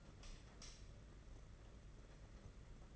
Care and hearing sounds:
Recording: daily activity, microphone in the room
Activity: light on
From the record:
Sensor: 4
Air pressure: 992.7 hPa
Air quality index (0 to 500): 169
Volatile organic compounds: 251 ppm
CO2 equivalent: 4364 ppm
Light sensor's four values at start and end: 4/8/3/3 and 4/9/4/4

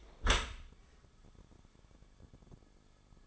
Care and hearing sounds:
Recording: daily activity, microphone in the room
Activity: close dishwasher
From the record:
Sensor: 5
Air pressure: 1015.0 hPa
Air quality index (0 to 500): 158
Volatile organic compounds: 5 ppm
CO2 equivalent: 1710 ppm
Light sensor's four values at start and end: 37/88/36/38 and 38/91/37/40

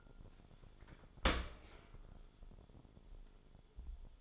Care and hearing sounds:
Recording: daily activity, microphone in the room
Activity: open dishwasher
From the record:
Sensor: 5

